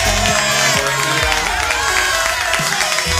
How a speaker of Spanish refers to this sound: Unos aplausos, por favor, para los Juegos Bolivarianos de Perú, Trujillo 2013.